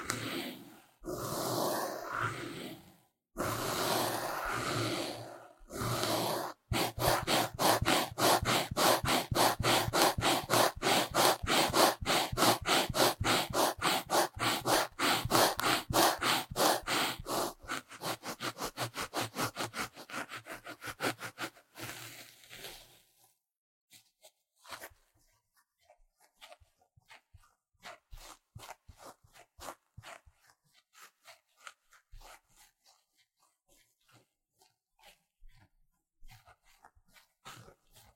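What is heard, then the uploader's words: Intense scratching comes in fast, dense, bright strokes for about twenty-three seconds, with brief gaps early on, then thins into sparse, quieter scratches and taps. Tingly Intense Scratching | NO Talking.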